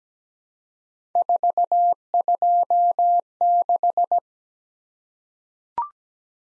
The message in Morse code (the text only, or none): 426